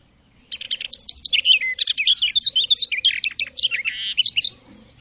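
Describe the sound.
Bird song of quick, varied chirps and twittering whistles, delivered in a continuous high jumble for about four seconds over a faint low hum.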